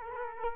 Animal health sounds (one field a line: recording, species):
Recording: mosquito wingbeat signal from an infrared sensor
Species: Culex quinquefasciatus